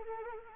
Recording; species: mosquito wingbeat signal from an infrared sensor; Anopheles arabiensis